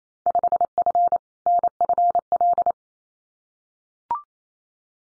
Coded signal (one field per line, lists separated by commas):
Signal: Morse code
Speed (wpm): 28 wpm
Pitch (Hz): 700 Hz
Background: none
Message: 5F NFL